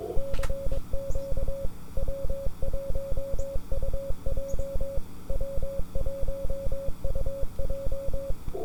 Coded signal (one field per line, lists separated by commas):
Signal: Morse code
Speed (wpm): 22 wpm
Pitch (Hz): 550 Hz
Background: none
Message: CQ W1UJ W1UJ